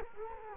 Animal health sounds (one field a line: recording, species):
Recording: mosquito wingbeat signal from an infrared sensor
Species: Culex quinquefasciatus